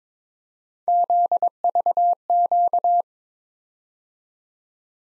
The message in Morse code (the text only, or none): ZVQ